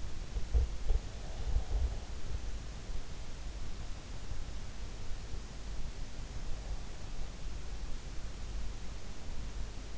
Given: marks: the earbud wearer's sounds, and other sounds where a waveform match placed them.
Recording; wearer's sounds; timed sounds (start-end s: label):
sounds in sleep by an in-ear microphone; teeth grinding
0.00-2.67 s: teeth grinding